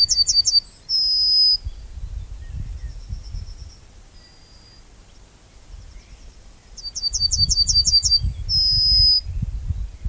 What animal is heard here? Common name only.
Yellowhammer